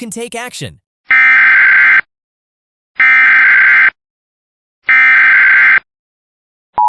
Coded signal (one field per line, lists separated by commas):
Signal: Emergency Alert System (SAME) tones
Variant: header bursts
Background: speech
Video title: EAS Tornado Warning for Sullivan County (2/19/26)